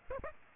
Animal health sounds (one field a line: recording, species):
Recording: mosquito wingbeat signal from an infrared sensor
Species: Aedes aegypti